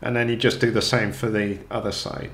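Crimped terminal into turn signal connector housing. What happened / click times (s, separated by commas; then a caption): Handled, not yet home: no seating click, only a man talking / none. Someone talks while handling a crimped negative wire terminal for the left side of the plastic housing of a KTM OEM turn signal connector for LED turn signals. The terminal has not seated or clicked into the housing yet.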